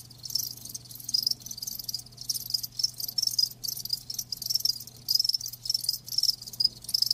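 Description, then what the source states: Crickets chirping in high, pulsing trills, bursts coming and going, with a steady low hum underneath. Live crickets chirping with a lulling song.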